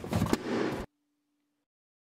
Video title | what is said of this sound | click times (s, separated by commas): 來自美國加州 Oru Kayak 摺紙式獨木舟組裝介紹 | it will snap in place loudly when it's fully engaged | 0.3 s